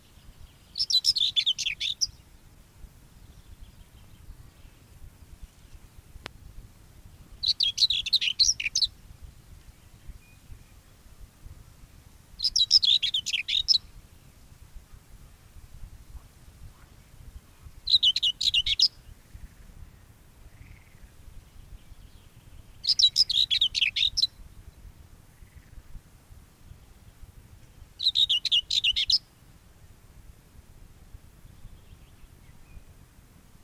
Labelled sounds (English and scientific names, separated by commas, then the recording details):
Common Whitethroat (Sylvia communis) song
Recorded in the wild
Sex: male
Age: adult
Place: Röttenbach, Bayern, DE
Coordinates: 49.6683, 10.9244
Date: 1961-06-15
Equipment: Stellavox SM 4, Original, Vollspur, langes Kabel
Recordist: Tretzel, Erwin